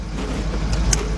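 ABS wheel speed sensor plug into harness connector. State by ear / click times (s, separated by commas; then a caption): seated / 0.9 s. A Ford Explorer's ABS wheel speed sensor wire, with its plastic electrical plug, is pushed into its mating harness connector during a front hub and wheel bearing replacement, over a steady low hum. A softer sound comes at about 0.7 seconds, then a sharp click at 0.9 seconds as the connector snaps in and is seated.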